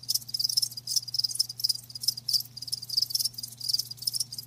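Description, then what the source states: Cricket chirping in regular bursts, each burst a bright pulsed trill, with a faint continuous low hum. Live crickets chirping, a lulling song.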